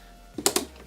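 A DDR5 memory stick is pushed down into a motherboard DIMM slot until the retention levers snap shut, and it ends up seated. After a soft contact sound around 0.4 s, two sharp clicks come at 0.5 s and 0.6 s, followed by a faint tap near 0.9 s. Someone talks.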